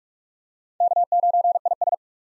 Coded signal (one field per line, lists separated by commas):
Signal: Morse code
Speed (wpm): 42 wpm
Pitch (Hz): 700 Hz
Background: none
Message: K9IS